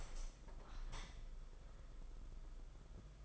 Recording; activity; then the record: daily activity, microphone in the room; open window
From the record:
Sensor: 5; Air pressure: 991.4 hPa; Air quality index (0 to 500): 104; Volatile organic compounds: 20 ppm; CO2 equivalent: 2685 ppm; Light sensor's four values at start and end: 39/125/47/50 and 39/125/47/50